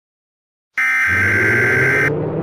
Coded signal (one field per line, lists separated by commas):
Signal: Emergency Alert System (SAME) tones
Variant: header bursts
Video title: EAS scenario 35 (MEGA): The Minecraft disaster 4: the time has come